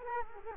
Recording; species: mosquito wingbeat signal from an infrared sensor; Culex quinquefasciatus